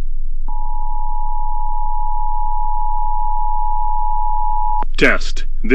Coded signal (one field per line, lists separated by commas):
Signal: Emergency Alert System (SAME) tones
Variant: 853 and 960 Hz attention tone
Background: speech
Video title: EAS #69: April 2023 Pennsylvania Required Monthly Test on KDKA AM